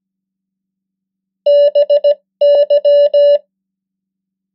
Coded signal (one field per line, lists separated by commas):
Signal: Morse code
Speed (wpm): 17 wpm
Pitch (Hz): 580 Hz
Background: none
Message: BY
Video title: 100 most common English words in Morse Code @15wpm